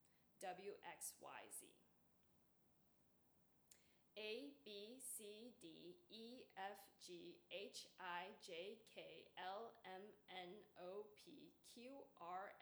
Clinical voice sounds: letters of the alphabet, spoken; free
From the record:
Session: seven days later

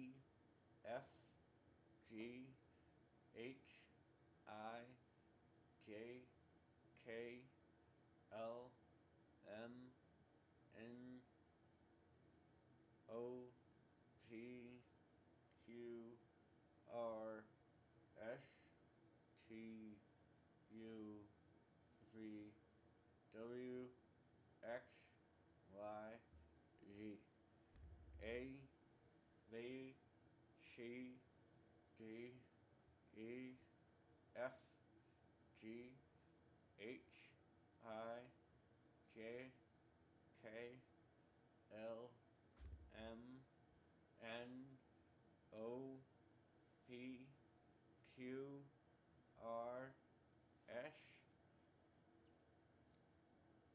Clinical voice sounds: letters of the alphabet, spoken; constrained by a bite bar between the teeth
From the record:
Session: first day, right after the free take

